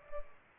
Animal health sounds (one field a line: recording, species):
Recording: mosquito wingbeat signal from an infrared sensor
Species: Culex pipiens